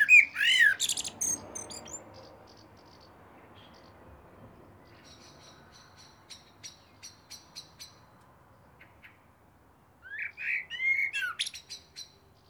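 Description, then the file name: Eurasian blackbird phrases: a loud warbled burst with high squeaks at the start, soft ticking notes in between, then another phrase with high squeaky notes near the end. "Turdus merula"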